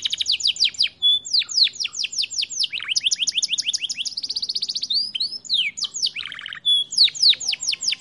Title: Canto Para Esquentar Canário Belga. Kenari AF gacor panjang untuk masteran, Kenari muda cepat gacor ngerol panjang